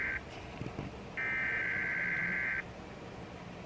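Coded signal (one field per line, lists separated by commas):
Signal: Emergency Alert System (SAME) tones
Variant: header bursts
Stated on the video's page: Weekly tests sent over NOAA Weather Radio.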